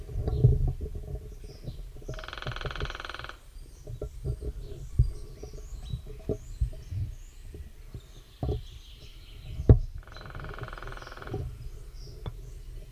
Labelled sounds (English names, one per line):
Lesser Spotted Woodpecker drumming